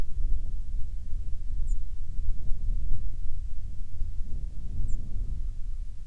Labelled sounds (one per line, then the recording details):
songbird
wind
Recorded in the Prudhoe Bay oil fields, Alaska, on 7 August 2019 at 05:25
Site 13